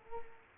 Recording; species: mosquito wingbeat signal from an infrared sensor; Culex quinquefasciatus